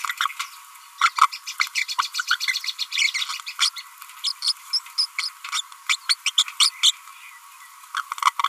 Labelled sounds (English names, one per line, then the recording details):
Green-rumped Parrotlet babbling
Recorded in a nest box in Venezuela
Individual 18B25A4